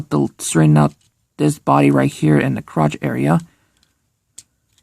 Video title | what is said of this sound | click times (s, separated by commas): Transformers Legacy Evolution Deluxe class Autobot Medix review! | that clipped in | 4.4 s